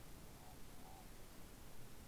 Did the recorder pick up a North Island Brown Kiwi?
no